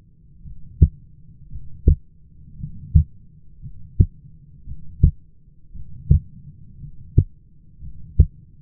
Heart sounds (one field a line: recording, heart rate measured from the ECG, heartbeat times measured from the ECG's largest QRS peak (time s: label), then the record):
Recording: heart sounds by stethoscope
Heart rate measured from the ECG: 57 bpm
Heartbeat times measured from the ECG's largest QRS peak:
0.44 s: heartbeat
1.50 s: heartbeat
2.58 s: heartbeat
3.61 s: heartbeat
4.66 s: heartbeat
5.74 s: heartbeat
6.79 s: heartbeat
7.81 s: heartbeat
From the record:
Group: heart failure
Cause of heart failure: dilated cardiomyopathy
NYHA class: 2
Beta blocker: bisoprolol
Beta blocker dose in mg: 10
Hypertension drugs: sacubitril-valsartan, spironolactone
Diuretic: furosemide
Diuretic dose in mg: 40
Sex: male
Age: 29 years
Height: 174 cm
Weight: 92 kg